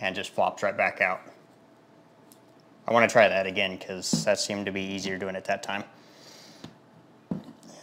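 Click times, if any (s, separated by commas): 7.3 s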